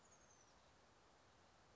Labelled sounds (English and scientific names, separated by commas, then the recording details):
Oak Titmouse (Baeolophus inornatus)
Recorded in Sonoma County, California